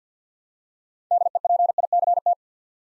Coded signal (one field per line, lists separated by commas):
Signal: Morse code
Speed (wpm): 49 wpm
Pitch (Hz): 700 Hz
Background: none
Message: DEPICT